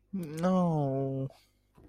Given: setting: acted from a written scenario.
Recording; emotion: vocal sound without words; disappointment